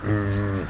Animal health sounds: contact call of a hoofed animal; wild boar; grunt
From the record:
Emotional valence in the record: positive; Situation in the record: food anticipation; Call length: 0.70 s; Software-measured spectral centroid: 1690 Hz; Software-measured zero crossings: 970 a second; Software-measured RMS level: -24 dBFS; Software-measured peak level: -12 dBFS

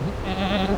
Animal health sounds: contact call of a hoofed animal; goat; low-frequency (closed-mouth) or high-frequency (open-mouth) call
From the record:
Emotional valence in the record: negative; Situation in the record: short social isolation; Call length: 0.78 s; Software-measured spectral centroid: 1890 Hz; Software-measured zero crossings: 1430 a second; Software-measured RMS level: -24 dBFS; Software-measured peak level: -10 dBFS

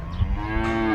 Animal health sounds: contact call of a hoofed animal; cattle; low-frequency (closed-mouth) or high-frequency (open-mouth) call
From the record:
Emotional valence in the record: negative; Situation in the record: full separation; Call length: 0.96 s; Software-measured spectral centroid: 1280 Hz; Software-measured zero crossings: 1060 a second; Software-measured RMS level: -24 dBFS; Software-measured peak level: -10 dBFS

